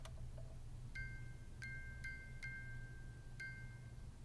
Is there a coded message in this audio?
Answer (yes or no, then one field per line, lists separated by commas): no